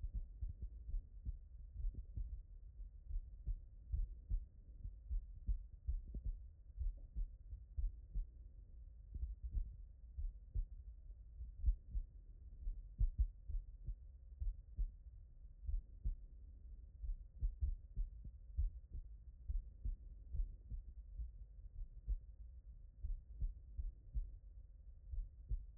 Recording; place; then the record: heart sounds by stethoscope; tricuspid valve (TV)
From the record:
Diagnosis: non-HFrEF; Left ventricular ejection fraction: 46%